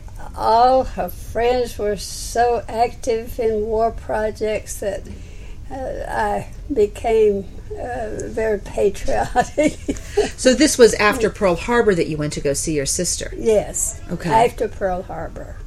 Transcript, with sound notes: All her friends were so active in war projects that I became very patriotic. (laughs)
So this was after Pearl Harbor that you went to go see your sister?
Yes. After Pearl Harbor.